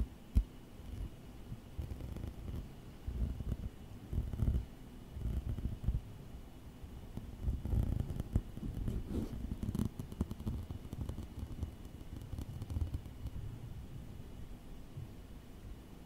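Close-up tapping and tracing on office objects, heard mostly as a soft, low rubbing and scraping that swells and fades throughout. Occasional sharper taps stand out, near the start and around four and nine seconds, over a faint, steady high whine.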